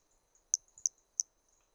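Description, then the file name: Toadlet frog calling three very high, brief chirped notes about a third of a second apart, over a faint continuous high-pitched hum. Individual 3, recorded on the Trilha do Ipiranga in 2021 and held in the MHNCI collection; the first three notes of the call are missing. "MHNCI Brachy hermogenesi Trilha do Ipiranga ind 3 three starting notes lost"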